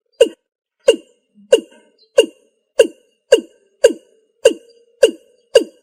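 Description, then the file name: Watercock calls: hollow notes repeated steadily, about two a second, each a short low pulse. "tieng cum num"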